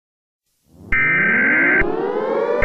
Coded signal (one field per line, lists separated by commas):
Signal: Emergency Alert System (SAME) tones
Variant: header bursts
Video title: EAS scenario #2: ⚠️ Bad user alert warning ⚠️